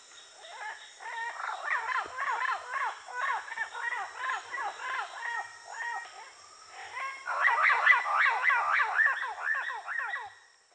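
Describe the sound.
Parrots in a chorus of rapid, repeated harmonic squawks, fairly even at first, easing off mid-way and then growing louder again before fading out.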